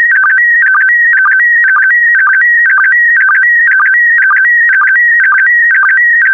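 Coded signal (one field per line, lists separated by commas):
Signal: SSTV (slow-scan television)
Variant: PD120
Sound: warbling, chirping tone with a steady rhythmic blip about twice per second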